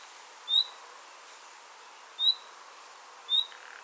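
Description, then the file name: Common nightingale giving three short, high, upslurred whistles, spaced irregularly about a second or more apart, against a quiet hiss. "Luscinia megarhynchos"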